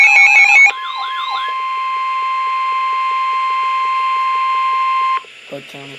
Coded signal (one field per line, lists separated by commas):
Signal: Emergency Alert System (SAME) tones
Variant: 1050 Hz attention tone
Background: speech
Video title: REAL EAS 1214,1215-Severe Thunderstorm Warning